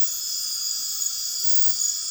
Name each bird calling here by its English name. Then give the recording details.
none. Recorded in dense forest near Puerto Asís, Putumayo, Colombia, on 18 February 2024 at 22:30. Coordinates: 0.502, -76.326. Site G6460